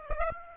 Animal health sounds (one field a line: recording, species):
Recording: mosquito wingbeat signal from an infrared sensor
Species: Aedes aegypti